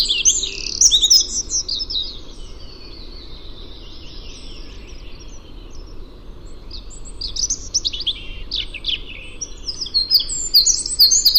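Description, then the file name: Eurasian wren song: rapid high trills and twittering bursts at the start, then a quieter stretch, and more fast trilled phrases toward the end. "Troglodytes troglodytes"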